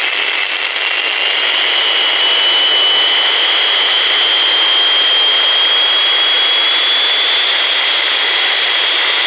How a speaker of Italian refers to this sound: Cos'era? Un elicottero? Sì, è un elicottero.